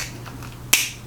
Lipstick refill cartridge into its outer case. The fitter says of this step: pops back in very satisfying click